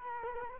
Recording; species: mosquito wingbeat signal from an infrared sensor; Culex quinquefasciatus